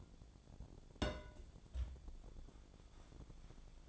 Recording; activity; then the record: daily activity, microphone in the room; place on stove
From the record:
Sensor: 5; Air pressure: 1000.0 hPa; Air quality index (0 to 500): 94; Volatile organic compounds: 1 ppm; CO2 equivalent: 763 ppm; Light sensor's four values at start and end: 389/921/399/451 and 386/913/396/446